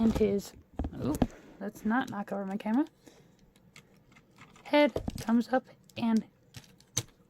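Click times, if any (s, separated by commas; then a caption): 7.0 s. Someone talks while the plastic head of a Mechanical Alliance Dark Commander transforming robot figure is raised and pushed into its slot at the back of the torso, with a few soft handling ticks between 3.4 and 4.1 seconds. A sharp, short click at 7.0 seconds marks the head seating into place.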